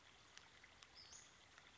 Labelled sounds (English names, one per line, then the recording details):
Western Flycatcher
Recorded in Sonoma County, California